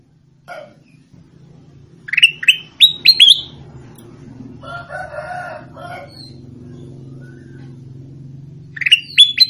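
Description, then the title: Sooty-headed bulbul song: quick bursts of short, bright upslurred notes in a rapid run, pausing, then returning; a lower, rough mid-pitched call sounds in between, with a steady low hum beneath. "Suara Burung Kutilang"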